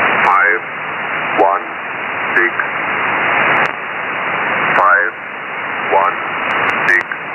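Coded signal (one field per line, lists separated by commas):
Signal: numbers station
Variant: E06, English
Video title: Number Station E06, Russian intelligence, in English.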